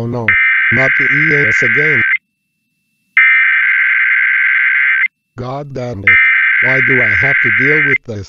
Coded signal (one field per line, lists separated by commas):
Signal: Emergency Alert System (SAME) tones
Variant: header bursts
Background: speech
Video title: Diesel gets mad at the Emergency Alert System